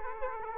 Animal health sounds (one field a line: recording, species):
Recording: mosquito wingbeat signal from an infrared sensor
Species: Culex quinquefasciatus